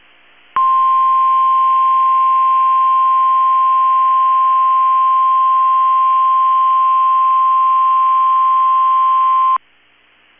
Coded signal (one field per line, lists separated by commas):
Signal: Emergency Alert System (SAME) tones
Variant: 1050 Hz attention tone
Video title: EAS Tornado Drill Minnesota/Wisconsin Statewide Test NOAA Weather Radio KEC65 Minneapolis, MN